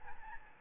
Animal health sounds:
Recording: mosquito wingbeat signal from an infrared sensor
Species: Aedes albopictus

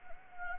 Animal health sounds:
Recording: mosquito wingbeat signal from an infrared sensor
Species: Anopheles arabiensis

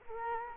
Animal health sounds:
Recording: mosquito wingbeat signal from an infrared sensor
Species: Culex quinquefasciatus

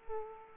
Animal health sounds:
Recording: mosquito wingbeat signal from an infrared sensor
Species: Aedes aegypti

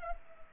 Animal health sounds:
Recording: mosquito wingbeat signal from an infrared sensor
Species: Culex pipiens

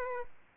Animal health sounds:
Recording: mosquito wingbeat signal from an infrared sensor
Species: Aedes albopictus

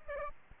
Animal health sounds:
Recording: mosquito wingbeat signal from an infrared sensor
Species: Aedes albopictus

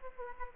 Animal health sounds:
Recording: mosquito wingbeat signal from an infrared sensor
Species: Aedes aegypti

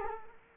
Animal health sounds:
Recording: mosquito wingbeat signal from an infrared sensor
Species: Culex quinquefasciatus

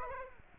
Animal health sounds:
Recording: mosquito wingbeat signal from an infrared sensor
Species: Aedes aegypti

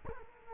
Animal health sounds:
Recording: mosquito wingbeat signal from an infrared sensor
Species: Culex quinquefasciatus

